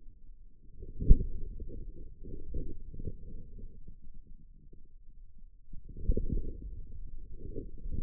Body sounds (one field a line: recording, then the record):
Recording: forearm muscle sounds (acoustic myography)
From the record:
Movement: inward rotation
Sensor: system 2, bracelet of six BSWA MPA416 microphones around the upper forearm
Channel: 4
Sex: male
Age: 22 years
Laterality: right